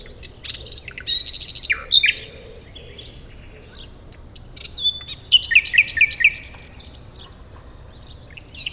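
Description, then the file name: Common nightingale singing two varied phrases, each a burst of rapid high notes, the second ending in a run of repeated downslurred chips, with a quiet pause between. "Luscinia megarhynchos"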